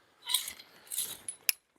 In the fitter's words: clicks into place, and final section right here,